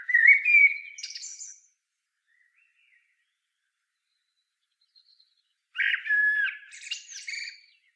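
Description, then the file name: Common blackbird song: two warbled phrases, each opening with low fluted notes and ending in a higher squeaky twitter, separated by about four seconds of silence. "Turdus merula"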